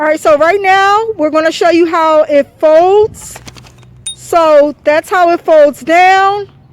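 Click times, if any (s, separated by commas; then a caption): none. Someone talks while the folding stem latch on a Joyor electric scooter is handled and the stem is folded down, with short handling knocks around 3.6 s, 3.7 s and 4.1 s between the speech. The stem is later raised and locked back in place with the latch held down by foot, but nothing has seated or clicked yet in this clip.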